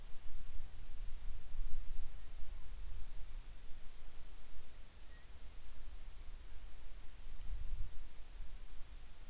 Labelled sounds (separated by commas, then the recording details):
bird
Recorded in the Arctic National Wildlife Refuge, Alaska, on 10 July 2019 at 18:38
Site 44